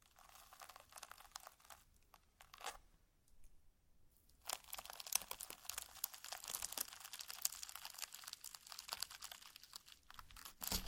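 Slime being squished and stretched gives dense, bright crackling and crinkling pops, sparse early with a quiet pause near four seconds, then continuous.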